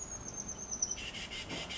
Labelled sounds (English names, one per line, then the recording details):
Oak Titmouse
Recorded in Sonoma County, California